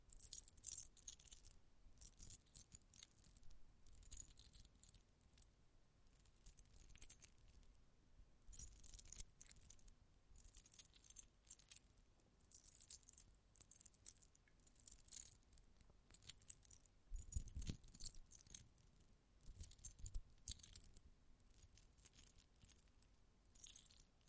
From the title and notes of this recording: ASMR Close Up Metallic Sounds (No Talking).